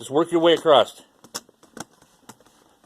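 Someone talks briefly while a plastic Dell Latitude laptop keyboard is pressed down and worked across from left to right into the laptop palmrest, edge clips first. After the speech, a few faint, sharp ticks of handling come at about 1.2, 1.8 and 2.3 seconds over near silence. Nothing has seated or clicked into place yet.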